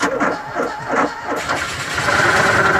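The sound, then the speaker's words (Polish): A Fiat 126p small car engine, the Polish-licensed car nicknamed 'maluch', cranks in a few rhythmic churning bursts, then catches and settles into a steady, buzzy idle that grows slightly louder, with no voices. “No, ciekawe, czy towarzysz Gierek przewidywał, jak wielką furorę zrobi maluch na naszych drogach.”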